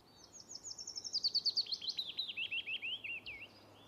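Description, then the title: Willow Warbler singing a gentle, descending phrase of sweet whistled notes that slide lower step by step and finish with a brief upturned flourish. "Viikon luontoääni: Pajulintu"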